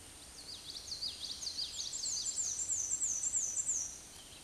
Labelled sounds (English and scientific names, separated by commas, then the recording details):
Black-and-white Warbler (Mniotilta varia) song
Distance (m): 35 m
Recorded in a Pennsylvania forest on 19 May 2023 at 06:22
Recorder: AudioMoth, point grid1_28_low
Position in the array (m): 78 m, 105 m